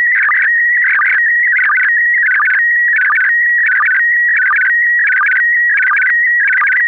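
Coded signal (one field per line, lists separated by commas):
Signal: SSTV (slow-scan television)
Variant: PD90 mode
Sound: steady high warbling tone with rapid chirping bursts repeating about every 0.7 seconds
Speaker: Daarnaast is er morsen en een SSTV-afbeelding, een nostalgische, in PD90.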